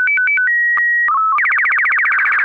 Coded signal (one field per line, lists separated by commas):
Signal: SSTV (slow-scan television)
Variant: Robot BW 8